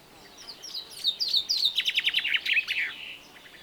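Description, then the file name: Common chaffinch song, a quick cascade of sharp notes sliding downward and closing with a short terminal twist. "Fringilla coelebs"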